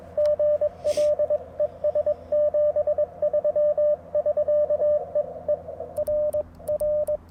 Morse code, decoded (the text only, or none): GL ES 73 <SK> EE RR